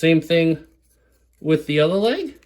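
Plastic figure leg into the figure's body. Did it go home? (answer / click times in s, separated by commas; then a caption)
no / none. Someone talks while the second leg and foot of a plastic SW-01 Shock Warrior transforming robot figure, an oversize KO of SS82 Ratchet, are handled to be rotated into the back of the figure's body. Nothing has seated or clicked into place yet.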